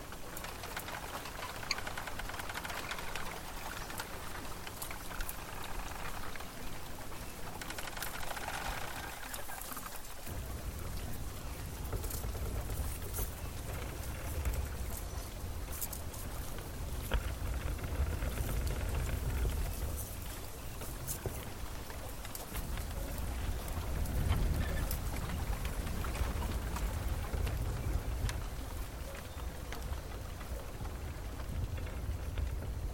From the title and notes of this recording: Bamboo forest ambience for relaxation | sound of bamboo thicket on water.